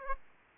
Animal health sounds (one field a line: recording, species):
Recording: mosquito wingbeat signal from an infrared sensor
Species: Aedes aegypti